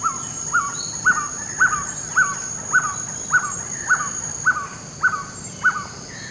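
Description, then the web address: Violaceous trogon duet, an even run of short falling hoots roughly every half second, with a continuous high-pitched drone in the background. Duet recorded in the eastern lowlands of South America. "Natures Songs S America Eastern Lowlands Trogon violaceus, duet"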